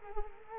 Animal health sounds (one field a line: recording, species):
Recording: mosquito wingbeat signal from an infrared sensor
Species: Culex quinquefasciatus